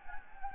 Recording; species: mosquito wingbeat signal from an infrared sensor; Anopheles gambiae